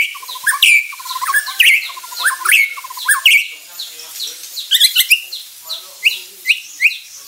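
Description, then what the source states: White-rumped shama song, a lively run of varied whistled phrases, fluty low notes alternating with sharp rising and falling high slurs, delivered in quick bursts. Murai batu of the Bordan variety.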